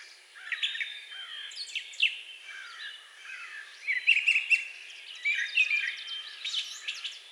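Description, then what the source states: Brown Thrasher: bird song of varied chirps and whistled phrases, fairly soft, over steady background noise. Recorded 4 June 2020.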